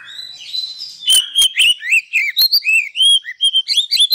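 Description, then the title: Oriental magpie-robin song, continuous and varied, with rapid whistled slurs, rising and falling notes and sharp clicks delivered in a lively, uneven stream. Masteran (training) recording of a kacer, played to provoke other kacer into singing vigorously (gacor); reported as having made a kacer into a champion. "Masteran Kacer Yang Sukses Memancing Kacer Gacor Sampai Jadi Juara"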